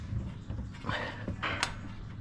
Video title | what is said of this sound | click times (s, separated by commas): How to change spark plugs on 88-95 Chevy/GMC 5.7 L V8 | Boom. You heard that snap. | 1.6 s